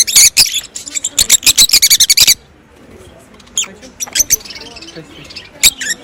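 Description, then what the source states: Rosy-faced lovebird song: a quick burst of sharp high chirps for about two seconds, then near quiet with a few scattered squeaks. Singing, recorded close up.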